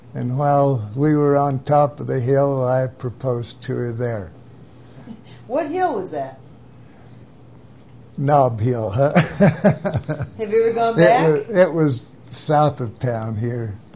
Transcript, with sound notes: and while we were on top of the hill I proposed to her there.
What hill was that?
Knob Hill. (laughs)
Did you ever go back?
It was South of town here.